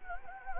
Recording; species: mosquito wingbeat signal from an infrared sensor; Anopheles gambiae